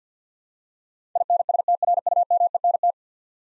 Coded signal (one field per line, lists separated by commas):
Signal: Morse code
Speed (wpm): 52 wpm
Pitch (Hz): 700 Hz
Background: none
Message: INSTRUMENT